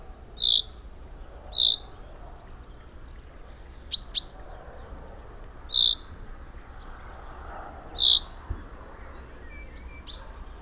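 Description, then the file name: Common chaffinch giving four loud, clipped 'pink' notes at uneven intervals, with a few sharp clicks between them and soft background hiss. "Fringilla coelebs"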